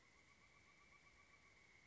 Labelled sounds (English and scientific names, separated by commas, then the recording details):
Pileated Woodpecker (Dryocopus pileatus)
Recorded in Sonoma County, California